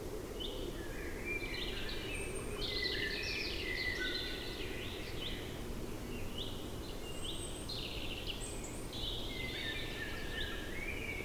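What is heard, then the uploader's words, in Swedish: Forest sounds in late April during the capercaillie lek. A dense, overlapping chorus of bright birdsong runs the whole length, with trills and short phrases crowding together. Beneath it, a steady low rumble holds even throughout. Tjäderspelets ljudvärld. Här får du själv höra skogens alla ljud i slutet av april när tjäderspelet är på sin topp. En spelande tjädertupp.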